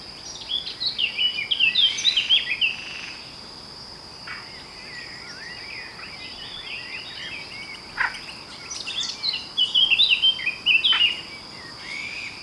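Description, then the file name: Eurasian blackcap song, several phrases of fast, varied warbling, louder at the start and near the end, against a steady high insect drone. "Sylvia atricapilla"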